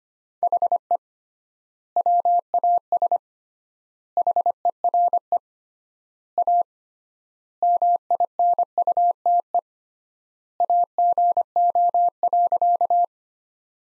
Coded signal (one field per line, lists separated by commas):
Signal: Morse code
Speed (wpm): 25 wpm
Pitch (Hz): 700 Hz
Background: none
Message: HE WAS HERE A MINUTE AGO.